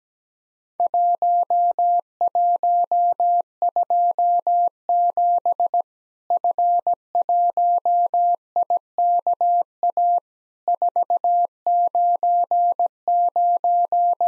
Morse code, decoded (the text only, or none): 1127 F1IKA 499